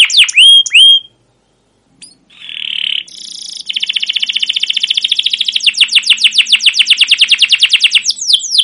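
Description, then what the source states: Canary song: a few swooping notes, a brief gap and a buzzy burst, then a long fast rolling trill breaking into slower sweeping chirps. Canary song with long rolls (ngerol) and cuit cuit notes, used as a lure recording (pancingan) to train other canaries.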